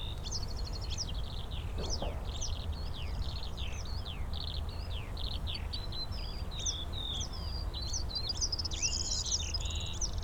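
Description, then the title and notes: Eurasian skylark song: a non-stop, high, bubbling warble with quick trills and chirps, set against a low droning background. Several skylarks singing in fields beside St. Isidore's wayside shrine, Sosna Góra, Siemianowice Śląskie, Poland, Saturday 18 May 2019; recorded with Zoom H5, Audio-Technica BP4025. "Unnamed Road, Siemianowice Śląskie, Polska - skowronek przy kapliczce św. Izydora. Sobota, 18 maja 2019. Wśród pól znajduje się kapliczka świętego Izydora na Sosnej Górze. W polu śpiewają skowronki i brzęczą owady. W tle słychać strzelnicę. Nagrania terenowe Siemianowic Śląskich - Dźwiękowy Portret Miasta"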